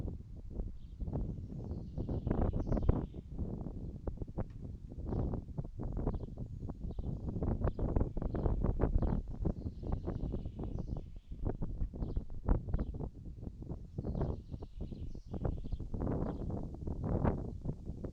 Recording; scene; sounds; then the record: everyday scene through a hearing-aid microphone; wind on the microphone; wind, birds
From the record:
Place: in front of a rural house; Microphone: in the ear canal, right